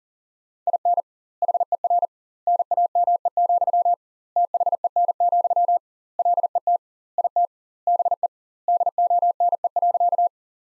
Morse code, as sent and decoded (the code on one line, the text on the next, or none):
.. -. / .... . .-. / -. .- -- . --..-- / - .... . -. --..-- / .-.. . - / .. - / -... . / -.. --- -. . .-.-.-
IN HER NAME, THEN, LET IT BE DONE.